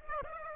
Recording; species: mosquito wingbeat signal from an infrared sensor; Aedes aegypti